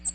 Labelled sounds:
American Redstart (Setophaga ruticilla) flight call

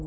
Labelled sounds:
Virginia's Warbler (Leiothlypis virginiae) flight call

